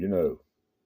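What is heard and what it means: A slipjoint folding pocket knife's steel blade, held under tension by the backspring, is handled while someone talks briefly, followed by near silence. The blade has not yet snapped into place, and nothing has seated or clicked by the end of the clip.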